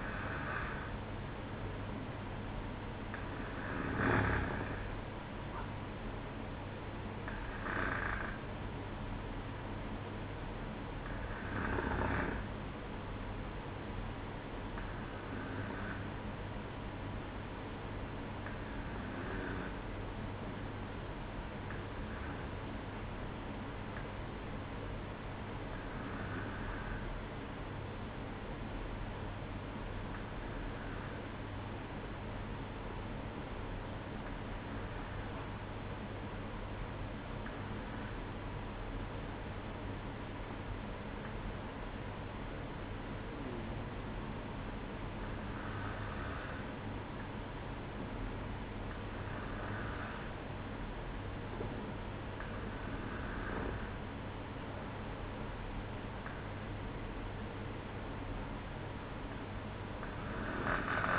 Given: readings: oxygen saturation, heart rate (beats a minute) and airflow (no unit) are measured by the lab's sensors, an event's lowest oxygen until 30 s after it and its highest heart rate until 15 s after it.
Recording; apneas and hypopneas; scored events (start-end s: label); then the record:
breathing in sleep by a voice recorder at the bedside; 1
29.00-49.30 s: hypopnea (N2, oxygen 96% highest, then 93% lowest, heart rate 61 at the start, 67 highest)
From the record:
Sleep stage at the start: N2 (light sleep); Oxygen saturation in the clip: 93 to 96%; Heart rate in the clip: 58 to 67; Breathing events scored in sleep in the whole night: 305 in 9.6 hours asleep